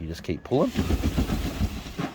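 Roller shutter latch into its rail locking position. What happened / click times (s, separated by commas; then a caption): The shutter is being pulled along but no latch click has sounded yet / none. Someone talks while a Mountain Top roller shutter on a Wildtrak ute tub is pulled back along its rails toward the next latch position. Speech is heard over a low broadband rumble. The shutter latch has not yet clicked into its locking position by the end.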